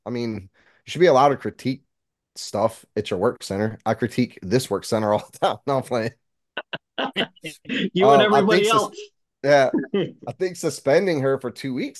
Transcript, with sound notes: I mean, it should be a lot of critique stuff. It's your work center. I critique this work center all the time. No, I'm playing. (laughing) You want everybody else? Yeah, I think suspending her for two weeks, though.